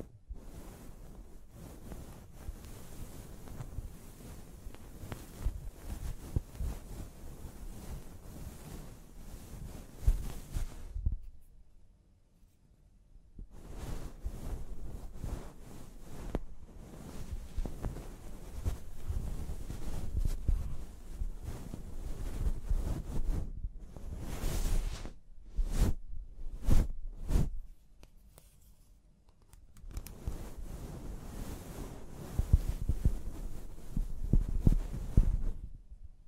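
A scalp massage and hair wash: dense, rushing, rustling sounds like water and rubbing through hair run in long stretches. The texture swells and thins unevenly, with brief near-silent pauses around 11 seconds and again near 29 seconds before the scrubbing resumes.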